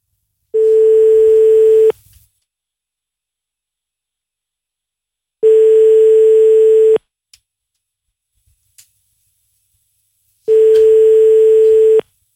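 A telephone ringback tone as a phone number is dialed for a call: three long, steady mid-pitched beeps, each lasting about a second and a half, separated by quiet pauses of several seconds, with a few faint clicks in between.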